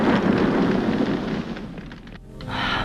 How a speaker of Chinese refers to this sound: 吉米和克里斯及时跳下了车，逃过了一劫，而特工 Patterson 却开车冲进了海里。可没等车完全掉进去，就在半空中爆炸了。